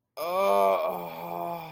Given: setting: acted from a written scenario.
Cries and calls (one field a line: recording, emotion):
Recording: vocal sound without words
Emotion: ecstasy